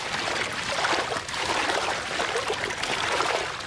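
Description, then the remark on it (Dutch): Water sloshes and swirls steadily as a dip net is pushed into a pond and swept back and forth for about ten seconds to see what lives in the water, a continuous splashing, gurgling churn with no voices. “Nou, dan duw ik hem er nu in en dan 10 seconden lang gaan we scheppen.”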